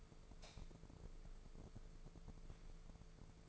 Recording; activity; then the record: daily activity, microphone in the room; light on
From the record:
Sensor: 5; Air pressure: 1014.8 hPa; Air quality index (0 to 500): 167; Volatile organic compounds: 6 ppm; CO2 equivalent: 1838 ppm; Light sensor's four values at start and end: 117/278/119/131 and 118/283/121/133